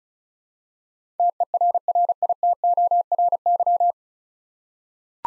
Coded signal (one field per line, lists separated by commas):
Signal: Morse code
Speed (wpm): 36 wpm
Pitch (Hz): 700 Hz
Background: none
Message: TERRITORY